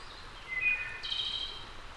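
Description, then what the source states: Wood thrush song phrase: clear flutelike notes climbing to a higher, ringing, slightly buzzy tone, over a soft hiss. A returning wood thrush singing.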